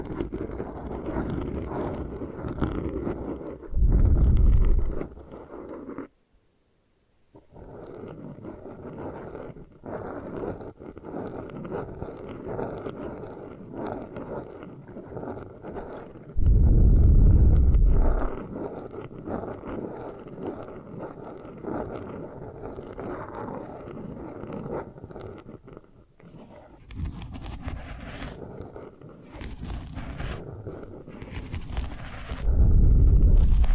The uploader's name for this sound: Hair Washing, Brushing and Massage with Layered Sounds